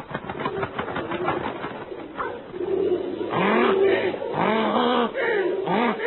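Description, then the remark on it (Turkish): Several pigeons coo in repeated low, rolling burbles that swell and overlap as a flock of pigeons attacks people, preceded by a stretch of rustling, fluttering noise like wings beating. “Güvercinler ordusu insanlara hücum.”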